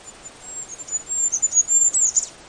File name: Dmitry Kulakov - ZHeltogolovyj korolyok Regulus regulus